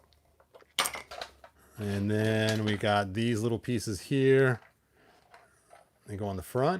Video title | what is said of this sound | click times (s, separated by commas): Toy opening day, He-Man New adventures Shuttle Pod, Astrosub, Iceman, metal R2-D2 (Unboxing Day) | probably snaps in place | 0.8 s